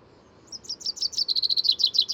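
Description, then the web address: Chaffinch song opening, high notes stepping downward and quickening into a steady trill, cut off before the ending. "SETE Fringilla coelebs"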